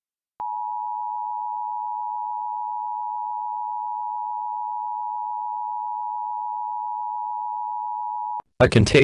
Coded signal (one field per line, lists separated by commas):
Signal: Emergency Alert System (SAME) tones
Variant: 853 and 960 Hz attention tone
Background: speech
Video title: Parasitic: An EAS Scenario